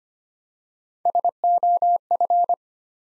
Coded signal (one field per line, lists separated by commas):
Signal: Morse code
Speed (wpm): 25 wpm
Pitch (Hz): 700 Hz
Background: none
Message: SOF